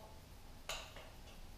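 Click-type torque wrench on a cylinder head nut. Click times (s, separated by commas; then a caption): 0.7 s. A click-type torque wrench tightens a cylinder head nut on an air-cooled boxer engine to 11 ft-lb. The wrench breaks over with a sharp, bright metallic click at 0.7 s, followed by two fainter ticks around 1.0 s and 1.3 s. The nut is confirmed at the torque setting.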